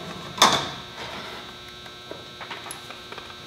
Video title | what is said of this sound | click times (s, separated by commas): How To Make Glossy Paint Using A DA and Buffing - DA Giveaway | and it just pushes on there you push back on this and it'll snap into place which makes it easy | 0.4 s